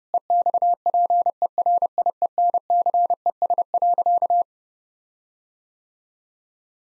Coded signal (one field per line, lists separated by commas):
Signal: Morse code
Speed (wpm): 32 wpm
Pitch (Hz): 700 Hz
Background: none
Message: EXPERIENCES.